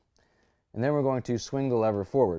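Someone talks while preparing to swing forward and close the metal quick release cam lever on the seat post clamp of a sixthreezero EVRYjourney 21-speed bicycle, a move meant to take a firm push. Only faint low noise is heard before the speech begins. The clip ends before the lever is closed, so nothing has seated or clicked yet.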